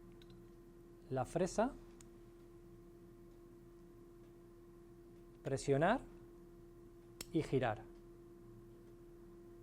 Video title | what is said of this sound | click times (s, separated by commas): QUARTER TQ LARGA Y FORMACIÓN | presionar y girar se oye un clic | 7.2 s